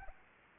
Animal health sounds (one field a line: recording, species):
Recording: mosquito wingbeat signal from an infrared sensor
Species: Anopheles arabiensis